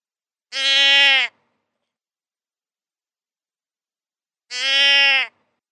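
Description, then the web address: Deer bleating: two short, nasal, evenly pitched bleats about four seconds apart, with silence between them. "wild-game-downloads deer"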